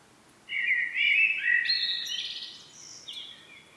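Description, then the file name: Common blackbird delivering a single phrase, low fluty warbling rising into a thin, scratchy high twitter at the end. "Turdus merula"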